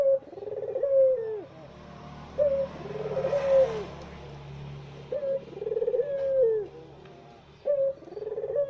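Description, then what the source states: Barbary dove cooing: a short note, then a rolling coo ending in a long falling tone. The phrase repeats about every two and a half seconds over a low steady hum. White Barbary dove (puter putih), recorded as a masteran training recording used to tutor songbirds.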